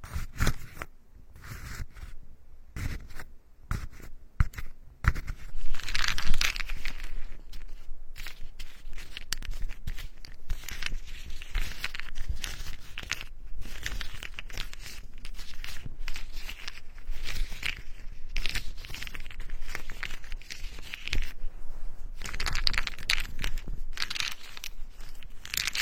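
Ear picking and massage sounds: dense crackling, scraping and rustling that stays bright and busy, with soft muffled rubs underneath. The first five seconds are sparse, with short scratchy bursts and brief gaps. After that the scraping runs nearly continuously, with brighter swells around 6 and 22 seconds.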